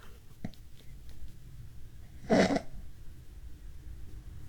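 A quiet pause with no breathing from an adult sleeper, then a single abrupt snorting gasp as a struggled breath breaks through: the breathing of obstructive sleep apnea.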